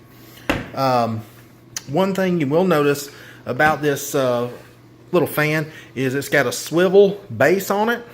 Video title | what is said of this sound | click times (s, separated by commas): RIDGID Gen 5X Hybrid Portable Jobsite Fan 18 volt Cordless or Plug in Review MODEL# R860720B | slide it on in there until you hear it click and wallah you've got power to this thing | 0.5 s